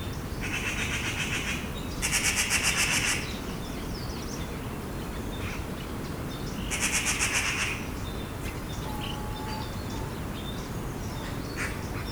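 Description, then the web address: Eurasian magpie chatter: a softer rattle at the start, then two loud harsh rattling bursts about five seconds apart, with faint twittering of other birds. "pub SETE data Pica pica"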